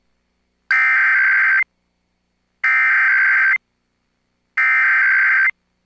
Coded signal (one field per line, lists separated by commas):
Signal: Emergency Alert System (SAME) tones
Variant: header bursts